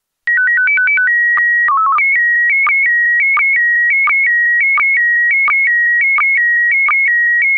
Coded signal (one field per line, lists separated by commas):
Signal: SSTV (slow-scan television)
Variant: PD 90